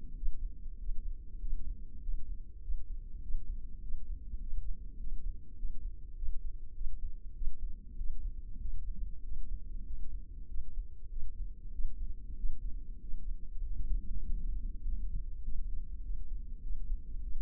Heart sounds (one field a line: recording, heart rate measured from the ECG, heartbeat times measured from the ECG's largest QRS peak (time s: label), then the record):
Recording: heart sounds by microphone in the left ear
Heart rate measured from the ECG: 98 bpm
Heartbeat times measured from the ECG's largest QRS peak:
0.18 s: heartbeat
0.81 s: heartbeat
1.43 s: heartbeat
2.04 s: heartbeat
2.65 s: heartbeat
3.24 s: heartbeat
3.84 s: heartbeat
4.43 s: heartbeat
5.02 s: heartbeat
5.60 s: heartbeat
6.18 s: heartbeat
6.77 s: heartbeat
7.37 s: heartbeat
8.00 s: heartbeat
8.62 s: heartbeat
9.26 s: heartbeat
9.88 s: heartbeat
10.51 s: heartbeat
11.12 s: heartbeat
11.74 s: heartbeat
12.39 s: heartbeat
13.03 s: heartbeat
13.65 s: heartbeat
14.27 s: heartbeat
14.87 s: heartbeat
15.46 s: heartbeat
16.05 s: heartbeat
16.64 s: heartbeat
17.25 s: heartbeat
From the record:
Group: healthy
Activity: rest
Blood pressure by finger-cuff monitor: 148/77 mmHg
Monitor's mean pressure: 101 mmHg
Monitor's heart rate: 97 bpm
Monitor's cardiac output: 8.3 L/min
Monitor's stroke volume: 86 mL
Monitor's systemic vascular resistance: 900 dyn s/cm5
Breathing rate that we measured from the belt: 14 breaths a minute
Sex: male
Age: 21 years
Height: 175 cm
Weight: 72.6 kg